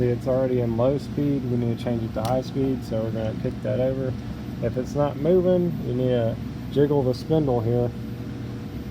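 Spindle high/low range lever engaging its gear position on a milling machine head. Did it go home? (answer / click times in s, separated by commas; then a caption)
no / none. Someone talks while handling the spindle high/low speed-range lever on a milling machine head, shifting the spindle from low to high speed range and jiggling the spindle so the metal gear lever can engage. A steady low hum runs underneath the speech. Nothing has seated or clicked yet.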